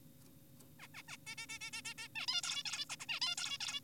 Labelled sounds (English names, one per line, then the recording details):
Zebra Finch
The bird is an adult
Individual g4p5U